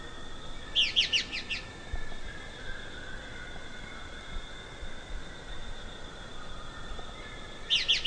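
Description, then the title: Fuscous flycatcher calls: a rapid burst of sharp, falling notes near the start and another at the very end, with a continuous high tonal drone throughout. "LuckyPassaro Completos2Sama. Fuscous Flycatcher (Cnemotriccus fuscatus)"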